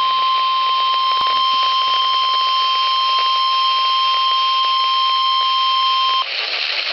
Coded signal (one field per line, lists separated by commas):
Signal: Emergency Alert System (SAME) tones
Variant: 1050 Hz attention tone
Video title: EAS Alert #110 - Severe Thunderstorm Warning #3 7/19/11